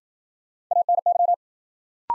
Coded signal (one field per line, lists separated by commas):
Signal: Morse code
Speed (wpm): 53 wpm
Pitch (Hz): 700 Hz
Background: none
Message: ANY